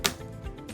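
A plastic arm chamber of a choice-chamber maze is slid onto the central chamber and gives a single sharp click at 0.1 s. The click means the section is seated and fixed in place.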